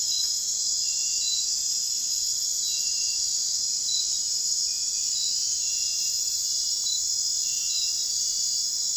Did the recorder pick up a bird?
no